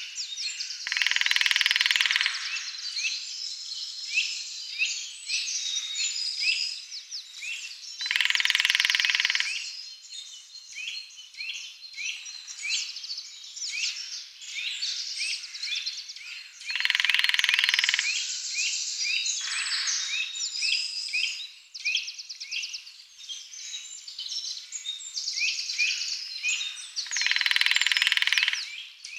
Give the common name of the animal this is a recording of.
Lesser Spotted Woodpecker